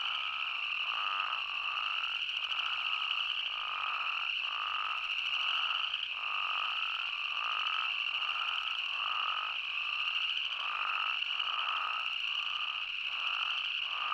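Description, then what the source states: Spadefoot toads calling in a chorus, short notes repeated about once a second against a constant high buzzing background. Recorded 20 May 2015.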